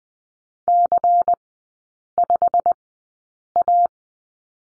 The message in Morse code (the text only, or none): C5A